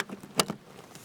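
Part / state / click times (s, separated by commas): expansion battery cable plug into power station port / seated / 0.4 s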